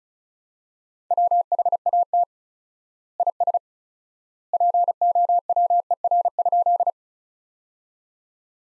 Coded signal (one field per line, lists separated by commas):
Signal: Morse code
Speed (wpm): 36 wpm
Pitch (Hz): 700 Hz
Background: none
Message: WHAT IS POWER?